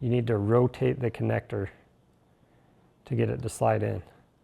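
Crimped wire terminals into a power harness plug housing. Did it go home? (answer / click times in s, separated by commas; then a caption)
no / none. Red positive and black crimped wire terminals are being handled and fitted into the plastic connector housing of a Tusk Compact Power Harness plug, sliding flat under the locking tab. Someone talks from about 0 to 1.7 s and again from about 3.1 to 4.2 s, with a quiet gap between. The clip ends before the terminals go home, so nothing has seated or clicked yet.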